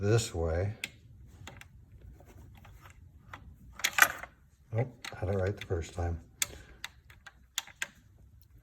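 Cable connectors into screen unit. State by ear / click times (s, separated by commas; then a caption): seated / 6.4 s. Cable connectors are pushed into a Tesla-style screen unit being installed in a Jaguar XK, after their orientation is corrected. Someone talks, then a sharp click at 6.4 s marks the connectors snapping into place, followed by a few lighter ticks. The connectors are seated.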